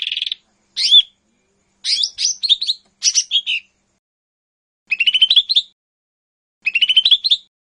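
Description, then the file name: Leafbird singing short, varied high chirping phrases with slurred whistles and quick buzzy trills, separated by brief pauses; no other sounds. "cucak hijau mini. omkicau"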